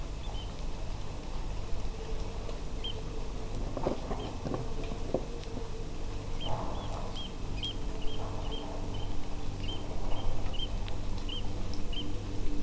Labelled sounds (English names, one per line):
Eurasian Oystercatcher